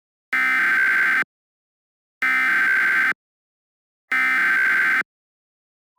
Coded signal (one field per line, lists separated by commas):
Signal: Emergency Alert System (SAME) tones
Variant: header bursts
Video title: EAS Scenario #22: Invasions Galore, Part 3: Conclusion